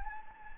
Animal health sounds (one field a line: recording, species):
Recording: mosquito wingbeat signal from an infrared sensor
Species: Anopheles gambiae